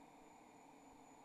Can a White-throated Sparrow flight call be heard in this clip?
no